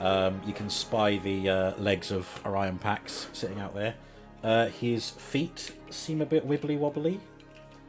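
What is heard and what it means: Someone talks while handling a plastic Transformers Power of the Primes Optimus Prime transforming robot figure, packaged in combined mode, whose feet feel wobbly, working the foot joints into the legs. Nothing has seated or clicked into place yet by the end of the clip; only a faint short sound is heard near 7.4 s.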